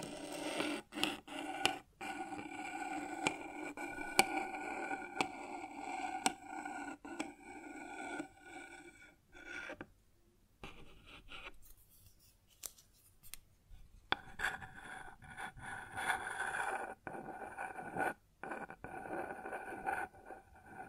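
Rubbing and scraping on a wooden surface, with a hollow, resonant ringing tone running under most of it. Sharp knocks and clicks land every second or so, the scraping drops away briefly around ten to fourteen seconds, then resumes.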